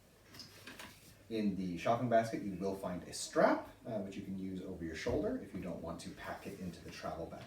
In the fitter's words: allows you to fold the entire thing close and it should lock into place